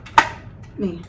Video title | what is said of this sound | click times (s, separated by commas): Unboxing Slow Juicer Kuvings | merah Ketemu merah Sampai bunyi klik Tadi kan udah bunyi klik kayak gitu ya kalau udah ketemu si merah yang ada di topset luar | 0.2 s